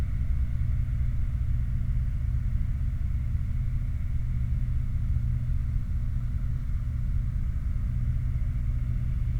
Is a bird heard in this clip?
no